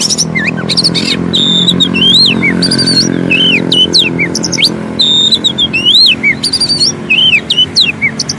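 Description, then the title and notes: Oriental magpie-robin song, a fast varied run of sharp whistles, upslurs and downslurs with short buzzy notes, over a steady low hum. Long-duration filler song (isian) for training kept birds to sing actively day and night. "Kacer Jadi Gacor Siang Malam. Isian Kacer Durasi Panjang"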